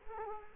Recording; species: mosquito wingbeat signal from an infrared sensor; Culex quinquefasciatus